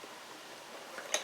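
A part of the fuel pump assembly from inside the tank of a 1998 GMC Jimmy is pressed into the pump module. After a quiet stretch with faint low rustling, one sharp, bright snap lands at 1.1 seconds as the part seats in place.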